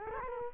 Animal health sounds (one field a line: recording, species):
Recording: mosquito wingbeat signal from an infrared sensor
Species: Culex quinquefasciatus